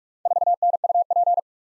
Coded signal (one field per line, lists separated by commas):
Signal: Morse code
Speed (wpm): 44 wpm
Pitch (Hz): 700 Hz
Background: none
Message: 4NUP